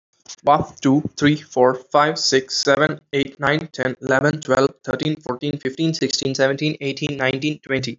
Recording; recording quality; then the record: counting at a fast pace; excellent, no background noise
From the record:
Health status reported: healthy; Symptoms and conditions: none ticked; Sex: male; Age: 18 years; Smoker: not ticked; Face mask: not worn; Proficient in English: yes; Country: India